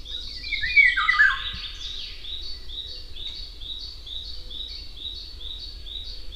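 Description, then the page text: Eurasian golden oriole with one short, rich fluty phrase that slides downward, followed by a steady series of thin, high repeated notes from another bird. "Jarek Matusiak - Обыкновенная иволга (Oriolus oriolus)"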